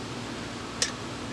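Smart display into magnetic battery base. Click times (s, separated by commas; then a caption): 0.8 s. A plastic Echo Show 5 smart display is set down onto its magnetic battery base, and a single short, sharp click is heard at 0.8 s over a steady low background hiss. The display snaps into place and is seated, held there by the magnet.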